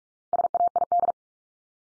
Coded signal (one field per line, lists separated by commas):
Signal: Morse code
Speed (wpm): 44 wpm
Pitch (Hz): 700 Hz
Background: none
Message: SAID